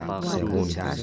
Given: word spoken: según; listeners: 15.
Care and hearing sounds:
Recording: one Spanish word in noise, from a listening test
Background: four-talker babble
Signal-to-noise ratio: -1.0 dB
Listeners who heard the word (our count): 0 of 15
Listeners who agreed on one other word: 9 of 15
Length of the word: 0.63 s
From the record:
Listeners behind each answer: 9, 2, 1, 1, 1, 1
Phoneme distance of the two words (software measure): 48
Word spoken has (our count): 2 syllables, 5 phonemes, stress on syllable 2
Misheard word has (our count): 2 syllables, 5 phonemes, stress on syllable 1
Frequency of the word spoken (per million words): 683.04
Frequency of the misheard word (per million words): 265.90

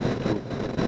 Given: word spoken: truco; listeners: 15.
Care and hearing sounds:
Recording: one Spanish word in noise, from a listening test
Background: noise modulated by three-talker babble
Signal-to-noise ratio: -5.4 dB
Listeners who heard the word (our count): 3 of 15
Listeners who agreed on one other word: 6 of 15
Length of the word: 0.47 s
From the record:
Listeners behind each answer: 6, 3, 1, 1, 1, 1, 1, 1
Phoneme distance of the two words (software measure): 21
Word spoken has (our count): 2 syllables, 5 phonemes, stress on syllable 1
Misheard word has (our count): 1 syllable, 2 phonemes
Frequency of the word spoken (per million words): 5.80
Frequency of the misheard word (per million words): 308.45

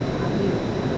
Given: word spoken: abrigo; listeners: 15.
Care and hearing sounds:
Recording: one Spanish word in noise, from a listening test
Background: speech-shaped noise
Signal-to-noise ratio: -5.7 dB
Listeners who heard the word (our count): 0 of 15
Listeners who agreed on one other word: 7 of 15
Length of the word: 0.58 s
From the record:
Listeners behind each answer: 7, 2, 1, 1, 1, 1, 1, 1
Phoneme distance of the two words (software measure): 17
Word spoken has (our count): 3 syllables, 6 phonemes, stress on syllable 2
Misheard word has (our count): 2 syllables, 5 phonemes, stress on syllable 2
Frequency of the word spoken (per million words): 13.33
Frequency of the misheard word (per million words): 57.52

